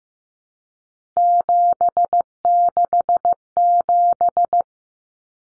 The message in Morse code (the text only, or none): 767